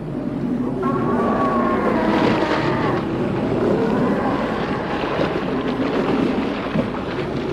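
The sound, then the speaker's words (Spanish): Huge waves raised by two fighting sea monsters, an ichthyosaur and a plesiosaur, surge and crash against a raft, nearly capsizing it, in a loud, unbroken roar of churning water and wind, with a brief tonal wail rising above the rush early on. “Levantan montañas de agua que llegan hasta la balsa, poniéndonos a punto de zozobrar.”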